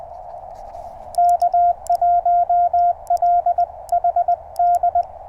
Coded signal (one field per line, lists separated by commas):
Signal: Morse code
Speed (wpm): 20 wpm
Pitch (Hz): 720 Hz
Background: radio noise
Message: K1LHD